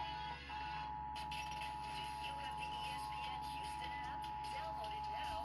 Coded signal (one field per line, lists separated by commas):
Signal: Emergency Alert System (SAME) tones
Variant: 853 and 960 Hz attention tone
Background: speech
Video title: Eas Hgx svr on Kyaz 51.1 ,KUHF 88.7fm, Kacc 89.7fm and Kube tv 57.1 Eas#1530-1533